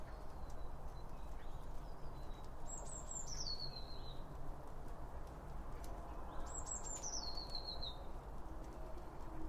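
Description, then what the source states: Bird singing a high whistled phrase that slides downward in steps, given twice about four seconds apart, over low steady background noise. Birds around a bird feeder; recorded with two OM 1 microphones from Line Audio.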